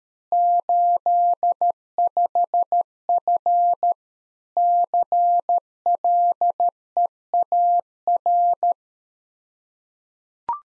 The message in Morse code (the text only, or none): 85F CLEAR